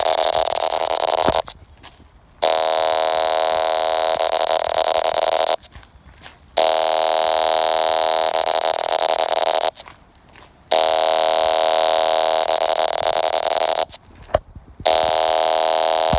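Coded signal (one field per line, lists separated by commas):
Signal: pager alert tone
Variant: RadioShack PG-99 pager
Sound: four long, harsh, buzzy tone bursts, each a few seconds long, with static between them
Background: radio static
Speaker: Did you lose it? Oh, it's still down in there.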